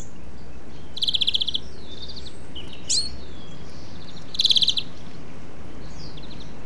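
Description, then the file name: European greenfinch giving two short, rapid chattering trills a few seconds apart, with a few faint chirps between them and a low background rumble. "Chloris chloris"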